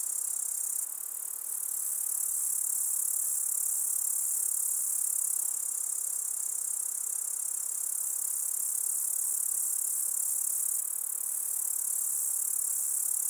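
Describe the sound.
Grasshopper producing an unbroken, shrill, high-pitched buzz, fairly steady in loudness throughout.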